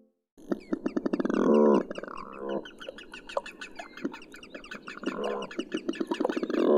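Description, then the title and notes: Smew croaking calls, rapid harmonic rattling bursts that repeat several times. "Uivelo. Viikon luontoäänen esitteli Hannu Jännes"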